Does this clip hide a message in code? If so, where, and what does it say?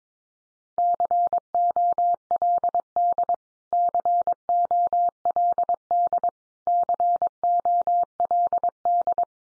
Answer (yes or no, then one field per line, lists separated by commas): yes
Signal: Morse code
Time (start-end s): 0.8-9.2 s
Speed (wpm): 22 wpm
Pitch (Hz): 700 Hz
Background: none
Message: COLD COLD COLD